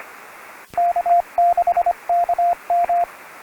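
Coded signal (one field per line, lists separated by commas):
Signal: Morse code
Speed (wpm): 22 wpm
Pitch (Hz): 690 Hz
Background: radio noise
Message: K6KM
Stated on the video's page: Morse heard during a summit activation of a peak.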